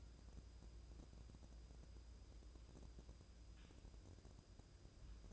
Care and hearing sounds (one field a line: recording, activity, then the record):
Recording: daily activity, microphone in the room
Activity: wipe stove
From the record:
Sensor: 2